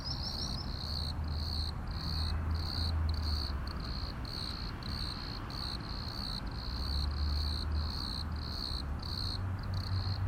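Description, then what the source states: Cricket chirping, short pulsed chirps repeated steadily, over a steady low rumble of background noise. Crickets at Plaiaundi ecological park, Irún, Spain, on the border of the Spanish state.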